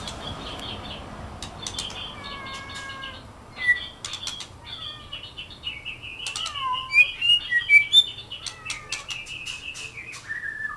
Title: Kicau Kacer